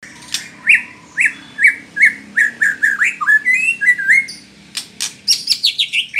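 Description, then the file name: White-rumped shama song: steady repeated whistled notes at one pitch, then a rising run and a high trill of quick notes. Female bird. "murai batu betina"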